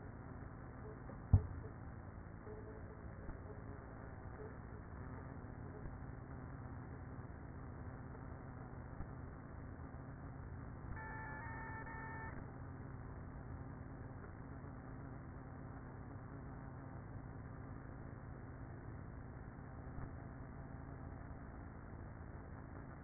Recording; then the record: honeybee colony, microphone inside the hive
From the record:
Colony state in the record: queenless with a low population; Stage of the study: after two queens were removed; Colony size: about 30,000 bees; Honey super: no